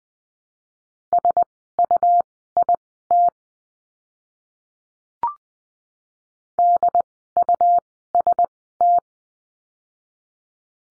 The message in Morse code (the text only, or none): SUIT DUST